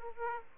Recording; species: mosquito wingbeat signal from an infrared sensor; Aedes aegypti